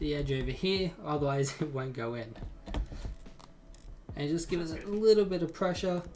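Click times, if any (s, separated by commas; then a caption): none. An expansion card is lined up with a motherboard slot, with the slot latch pushed back, and pressed down with light pressure while someone talks. Brief soft handling knocks are heard around 2.7 s and 3.4–3.8 s. The clip ends before the card goes home; nothing has seated or clicked yet.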